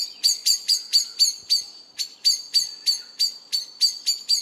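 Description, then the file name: Common blackbird giving a rapid string of hard, ticking chink notes, roughly four each second, with a brief pause near the two-second mark. "Turdus merula"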